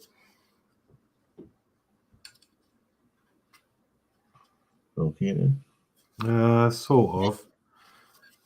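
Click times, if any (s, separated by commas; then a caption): none. A plastic part with tabs is handled over the hull of a Leopard 2A6 scale tank model kit, producing a few faint, sharp plastic ticks in the first few seconds. Someone then talks, and the clip ends before the part goes home, so nothing has seated or clicked into place yet.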